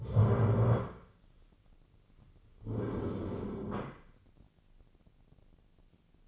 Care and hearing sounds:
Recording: daily activity, microphone in the room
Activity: stand up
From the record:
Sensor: 4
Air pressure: 1010.0 hPa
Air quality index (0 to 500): 192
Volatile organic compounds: 3 ppm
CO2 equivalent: 1384 ppm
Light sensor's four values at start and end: 40/99/41/44 and 40/98/41/44

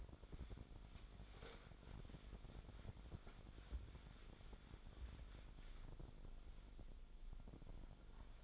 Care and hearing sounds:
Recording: daily activity, microphone in the room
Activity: wipe stove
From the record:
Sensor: 5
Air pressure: 1007.2 hPa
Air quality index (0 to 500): 172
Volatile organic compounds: 4 ppm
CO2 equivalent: 1652 ppm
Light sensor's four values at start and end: 53/146/57/58 and 52/143/57/57

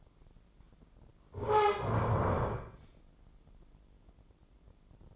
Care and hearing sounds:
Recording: daily activity, microphone in the room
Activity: stand up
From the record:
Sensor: 5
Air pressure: 996.1 hPa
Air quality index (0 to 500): 246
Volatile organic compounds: 481 ppm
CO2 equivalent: 4794 ppm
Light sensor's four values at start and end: 170/407/173/189 and 170/406/172/188

